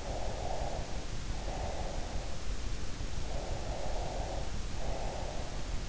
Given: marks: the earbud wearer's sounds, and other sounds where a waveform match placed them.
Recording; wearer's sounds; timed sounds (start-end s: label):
sounds in sleep by an in-ear microphone; breath
0.00-2.45 s: breath
3.29-5.81 s: breath